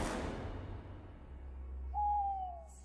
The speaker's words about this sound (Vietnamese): Tiếng cú giữa đêm khuya thanh vắng khiến cho con người cảm thấy nhỏ bé giữa cảnh núi rừng bị bóng đêm nuốt chừng.